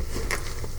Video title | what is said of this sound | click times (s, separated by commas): Gun Tote'n Mamas Purse & Green Force Tactical BoB Holster WORKS!!! | very easily and you just hear it click and I've demonstrated to you before | 0.3 s